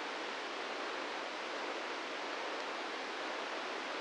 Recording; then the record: brain microelectrode recording played as sound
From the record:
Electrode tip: inside the subthalamic nucleus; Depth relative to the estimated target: -2 mm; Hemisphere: left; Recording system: NeuroSet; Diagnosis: Parkinson's disease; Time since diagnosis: 13 years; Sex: male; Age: 66 years